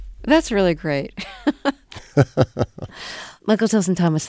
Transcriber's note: laughter